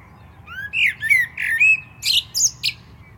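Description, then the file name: Common blackbird singing a fluty, warbled phrase of low whistles that breaks into thin, scratchy high notes near the end. "Turdus merula"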